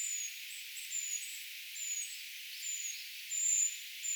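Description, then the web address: Eurasian treecreeper calls, a run of thin, high-pitched whistled notes, slightly falling, with short chirps between them and a louder note near the end. A brood of young birds calling; recorded 4 June 2025; identification tentative. "paivat 4 6 2025 tietaakseni puukiipijapesueen aantelya"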